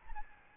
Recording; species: mosquito wingbeat signal from an infrared sensor; Aedes albopictus